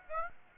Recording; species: mosquito wingbeat signal from an infrared sensor; Aedes aegypti